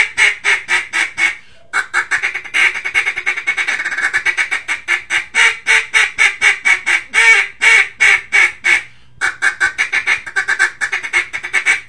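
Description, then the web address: Mallard calls: long runs of fast, raspy quacks, broken by two brief silences, with some quacks louder and more drawn out than others. "Duck -Mallard"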